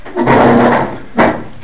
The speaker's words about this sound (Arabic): يعني لو نغلق الباب تماما أحسن.